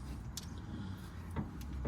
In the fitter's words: and it will click in. That's it. There we go.